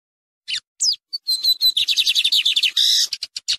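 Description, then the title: Lined seedeater song: a loud, fast run of sharp whistled notes and rapid trills, ending in buzzy bursts and clipped chips. Singing live beside a waterfall, as a tutor song for training other birds. "Bigode Gavião Negro"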